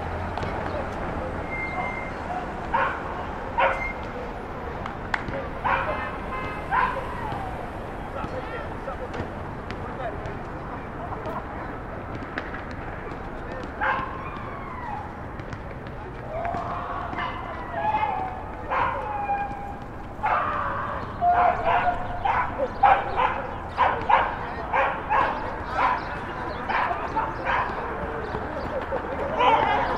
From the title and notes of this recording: 179 Starr Street Rooftop (Starr Street & Irving Ave, Brooklyn) Facing Maria Hernandez Park. Wind: 7mph North East. Rooftop recording facing Maria Hernandez park at sunset.